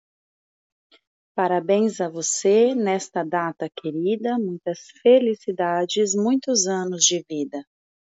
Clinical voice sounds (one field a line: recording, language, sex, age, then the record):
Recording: short text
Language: Brazilian Portuguese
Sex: female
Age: 30 to 39 years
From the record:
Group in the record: control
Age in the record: 36 years